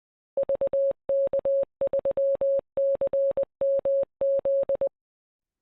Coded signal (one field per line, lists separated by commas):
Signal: Morse code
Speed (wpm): 20 wpm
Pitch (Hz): 550 Hz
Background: none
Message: VK3CMZ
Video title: 2024 BAREC Shortwave Aus